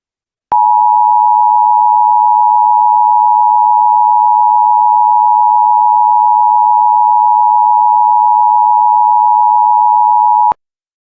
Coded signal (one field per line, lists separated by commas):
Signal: Emergency Alert System (SAME) tones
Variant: 853 and 960 Hz attention tone